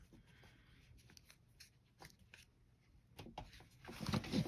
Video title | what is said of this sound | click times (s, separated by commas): Daiwa AG1305X -- Service and Lubrication -- Young Martin's Reels | There we go. You can feel it kind of pop into place. | 3.4 s